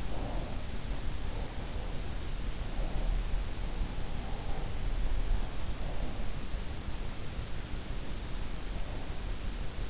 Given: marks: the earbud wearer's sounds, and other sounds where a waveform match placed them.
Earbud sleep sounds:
sounds in sleep by an in-ear microphone; breath
0.00-0.70 s: breath

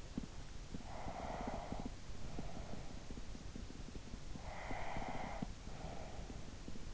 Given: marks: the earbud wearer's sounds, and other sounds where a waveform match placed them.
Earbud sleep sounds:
sounds in sleep by an in-ear microphone; breath
0.43-3.09 s: breath
3.91-6.94 s: breath

